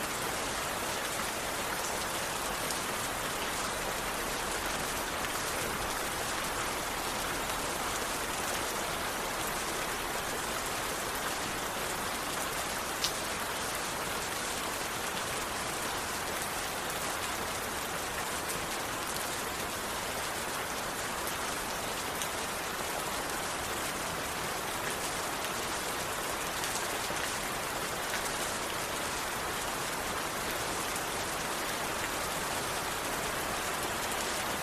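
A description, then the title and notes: Rain falls steadily and densely, a constant hiss spread from low to very bright tones with no pauses or swells. Countless drops patter on a hard surface throughout, and the level stays even across the whole stretch. Rain.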